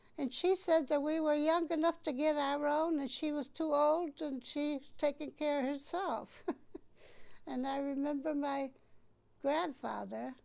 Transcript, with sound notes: And she said that we were young enough to get our own, and she was too old, and she's taking care of herself. ( she laughs ) And I remember my grandfather,